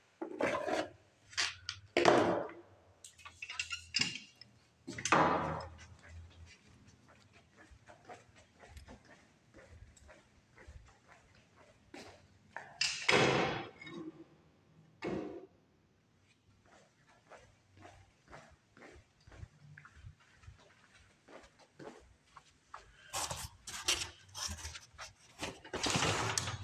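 Elevator and hallway sounds: irregular clunks, scrapes and rustling bursts like trash bags being handled, with loud bangs near 2, 5, 13 and 15 seconds. Quieter shuffling steps fill the gaps, and a cluster of sharp knocks and rattles closes the last few seconds.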